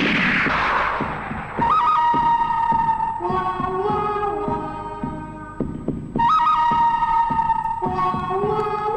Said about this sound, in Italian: stiamo rievocando tra spari veri, reali, simulati e vocalmente rievocati quello che era l'epopea del selvaggio West rivisitata da Sergio Leone e dai suoi affini dagli anni 60 fino a un decennio che seguirono quegli anni.